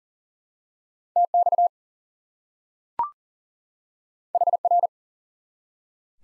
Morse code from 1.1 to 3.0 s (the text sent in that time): TX